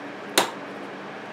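A DDR3 memory stick is pressed down on one end into a motherboard DIMM slot, and that side's retention clip snaps shut with a single sharp click at 0.4 s. The other end is not yet seated, so the module is only partly installed.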